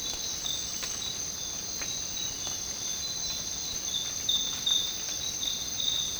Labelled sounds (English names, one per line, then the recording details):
none
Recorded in dense forest near Puerto Asís, Putumayo, Colombia, on 25 June 2025 at 06:00
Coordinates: 0.499, -76.324
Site G100